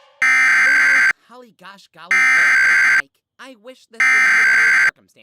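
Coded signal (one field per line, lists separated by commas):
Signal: Emergency Alert System (SAME) tones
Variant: header bursts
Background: speech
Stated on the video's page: Fictional mock tornado warning with valid tones, using EASyPLUS noise; set in Oklahoma.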